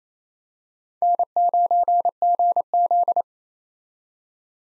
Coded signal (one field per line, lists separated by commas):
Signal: Morse code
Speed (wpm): 28 wpm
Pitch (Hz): 700 Hz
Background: none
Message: N9GZ